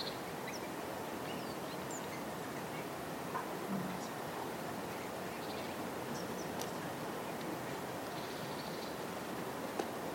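Steady winter white noise fills the whole clip, a dense, even hiss strongest in the low and middle range with no change in level. Faint, brief bird chirps flicker high above it now and then, around the second, sixth and tenth seconds.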